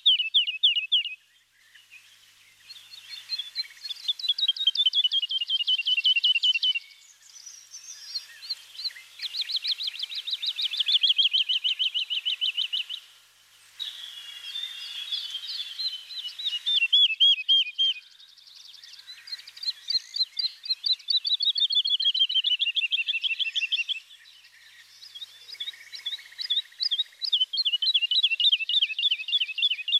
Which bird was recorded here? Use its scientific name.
Lullula arborea